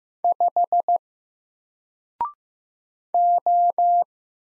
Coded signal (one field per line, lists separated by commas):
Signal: Morse code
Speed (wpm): 15 wpm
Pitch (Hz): 700 Hz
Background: none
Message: 5 O